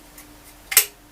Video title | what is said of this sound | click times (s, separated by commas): Nautiz X41 Box Opening | so pretty solid click in there there's a button i can press here to release it | 0.7 s, 0.8 s